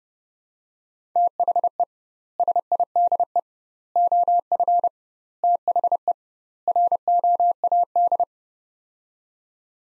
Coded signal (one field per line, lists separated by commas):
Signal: Morse code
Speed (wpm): 29 wpm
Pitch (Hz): 700 Hz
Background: none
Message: THE SIDE OF THE ROAD